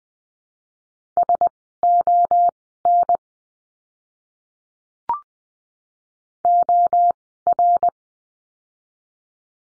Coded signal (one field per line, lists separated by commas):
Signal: Morse code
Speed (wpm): 20 wpm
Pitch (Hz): 700 Hz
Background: none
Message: SON OR